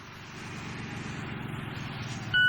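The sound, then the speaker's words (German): A camper van approaches from the right, heading straight toward a monument, with a low, steady engine drone that slowly swells in loudness, cut off at the end by a sudden short electronic tone. “Pyjama-Auto hält direkt auf das Denkmal zu.”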